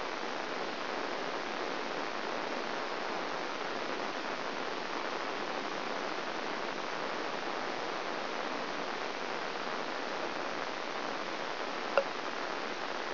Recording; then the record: brain microelectrode recording played as sound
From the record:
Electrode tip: inside the subthalamic nucleus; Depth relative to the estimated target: 2 mm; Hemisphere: right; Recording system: AlphaMap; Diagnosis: Parkinson's disease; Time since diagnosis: 12 years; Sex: female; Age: 56 years